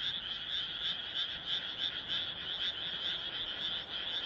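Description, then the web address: Frog chorus of blurred, overlapping croaks with an irregular, rolling rhythm. "kaeru kaeru"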